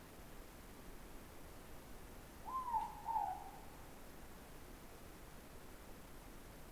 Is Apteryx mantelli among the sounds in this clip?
no